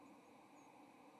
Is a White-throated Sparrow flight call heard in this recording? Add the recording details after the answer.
no. Another species' flight call is heard. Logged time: 07:50 on 30 October 2014